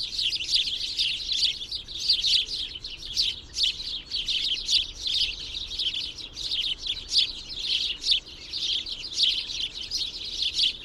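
Bird chirping, a dense stream of high, rapid twittering notes pouring out almost without pause, rising and falling in bursts throughout.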